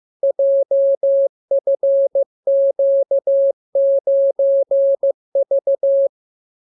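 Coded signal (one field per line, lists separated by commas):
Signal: Morse code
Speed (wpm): 15 wpm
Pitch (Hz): 550 Hz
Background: none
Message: JFQ9V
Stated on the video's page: Morse receiving lesson 31: practice radiogram opening with VVV and a section sign and ending with AR.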